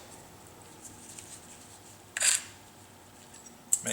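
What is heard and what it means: New metal brake pad abutment clips are pressed into the cleaned, greased caliper mounting bracket of a GMC Yukon Denali rear disc brake. Against a quiet background, a sharp metallic snap sounds at 2.2 s with a brief broadband burst, and a second, louder snap follows at 3.7 s. Both clips click fully seated in the caliper mount.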